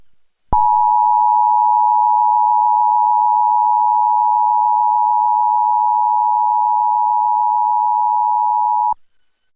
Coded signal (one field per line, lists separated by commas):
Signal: Emergency Alert System (SAME) tones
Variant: 853 and 960 Hz attention tone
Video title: EAS Mock: Rickrolled (v1)